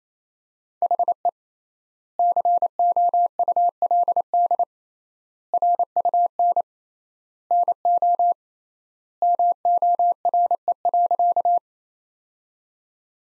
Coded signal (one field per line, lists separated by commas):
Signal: Morse code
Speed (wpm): 28 wpm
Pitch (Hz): 700 Hz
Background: none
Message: HE COULD RUN NO MORE.